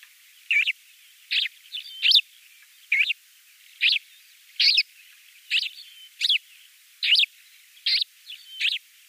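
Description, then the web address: Lesser short-toed lark singing a steady series of brief, chirpy high phrases, roughly one each second, some with quick rising and falling notes. "Schulze Peter Lesser Short-toed Lark song"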